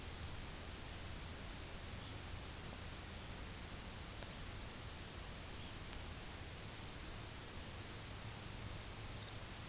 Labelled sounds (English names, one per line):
Red Phalarope
Lapland Longspur